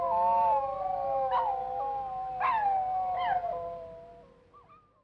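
Wolf: wolves howling in a chorus, several long wavering tones overlapping, fading out toward the end.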